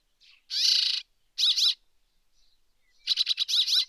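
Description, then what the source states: Rock sparrow gives a drawn-out wheezy buzz, a short twanging double note, then a rapid rattling burst ending in a rasp. Subspecies brevirostris; recorded at Erdenesant, Mongolia, 23 May 2013.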